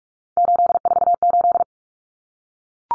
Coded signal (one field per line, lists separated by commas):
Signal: Morse code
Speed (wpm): 44 wpm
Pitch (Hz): 700 Hz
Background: none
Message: 848